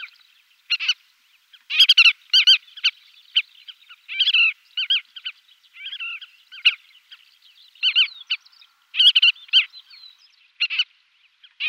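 Collared pratincole calls: sharp, harmonic chattering notes with arched inflection, given in irregular bursts and pairs throughout.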